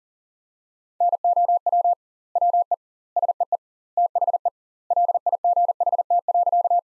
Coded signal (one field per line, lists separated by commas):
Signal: Morse code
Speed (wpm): 40 wpm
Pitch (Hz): 700 Hz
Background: none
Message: NOW WE SEE THE LIGHT.